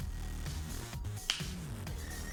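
A Sena Bluetooth communicator unit is slid down onto the connector clamp on the side of a motorcycle helmet, over steady background music. A single sharp, short click at 1.3 s shows it has latched and seated on the mount.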